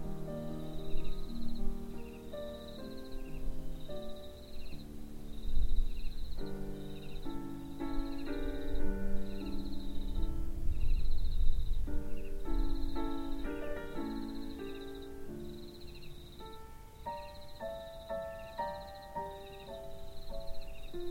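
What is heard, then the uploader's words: Crickets chirp in a steady, regular pulse, a bright trill repeating about twice a second for the whole clip. Beneath them, lower sustained tones shift and overlap, and a soft rush of wind swells in the middle before easing off. The only sounds around you are the chirping of the crickets and the light wind in the grass.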